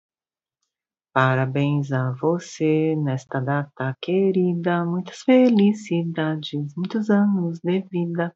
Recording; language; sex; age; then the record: short text; Brazilian Portuguese; female; 40 to 49 years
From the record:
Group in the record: control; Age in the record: 49 years